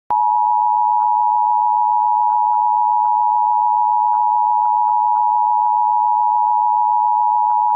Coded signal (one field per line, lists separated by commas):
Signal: Emergency Alert System (SAME) tones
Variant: 853 and 960 Hz attention tone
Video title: A Mini EAS Scenario 2# The CaseOh Hijack